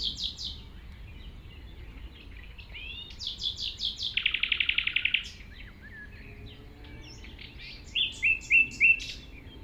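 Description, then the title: Common nightingale pouring out phrases: whistled notes, a dense rattling burst, then separate loud whistles repeated near the end, over a soft background hum. Singing in tall grass at Chindrieux, France, approached on foot by the recordist; deaf to outside noise while singing. "195 Rue de Vars, Chindrieux, France - approche d'un rossignol"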